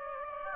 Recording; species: mosquito wingbeat signal from an infrared sensor; Aedes aegypti